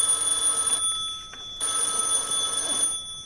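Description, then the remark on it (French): The small receiver of a black telephone in a large house rings with a thin, bright, silvery bell in two bursts separated by a short gap, its high metallic tones shimmering steadily, with no voices present. “Il avait déjà donné l'ordre de servir le dîner lorsque le petit récepteur du téléphone noir fit entendre sa sonnerie grêle et argentine.”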